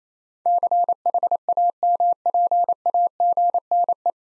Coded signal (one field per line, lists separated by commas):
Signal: Morse code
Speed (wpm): 29 wpm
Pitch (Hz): 700 Hz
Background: none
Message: CHAMPAGNE